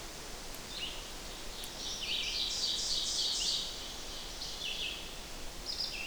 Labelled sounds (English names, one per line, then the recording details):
Red-eyed Vireo song
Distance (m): 30 m
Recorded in boreal forest in Alberta, Canada, on 8 June 2016 at 05:18
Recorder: SongMeter 3, array SBT-3-9
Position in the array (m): 98 m, 92 m